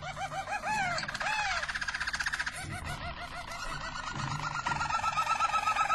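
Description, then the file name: Harz Roller canary singing: arched looping notes alternating with rapid rolling trills, the song running continuously. Belgian Harz Roller canary. "canto do canario belga harz roller"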